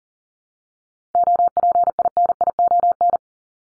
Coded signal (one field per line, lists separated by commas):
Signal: Morse code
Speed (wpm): 40 wpm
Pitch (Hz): 700 Hz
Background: none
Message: OPINION